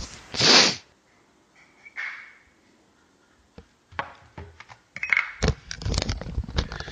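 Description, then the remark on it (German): A person with a cold caught from air conditioning lets out a single loud, sharp sneeze at the start, followed by quiet sniffling and a run of clattering, rustling handling noises. “Bin verschnupft von der fucking Klimaanlage wieder.”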